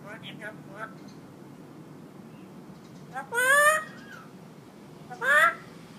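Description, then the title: Hill myna giving two loud, rich, rising calls about two seconds apart over a steady low background noise, with faint softer notes before them. Hill myna in full active song, recorded as a tutor track for training other birds to sing. "Suara Burung Beo Gacor Cocok Untuk Masteran"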